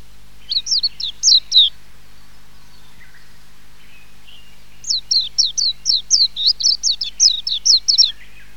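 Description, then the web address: Warbling white-eye song: rapid, high twittering phrases of quick up-and-down notes, one short burst, a pause, then a longer run of bright chirps. Recorded in 2008. "asahi kenharu 2008 mejiro"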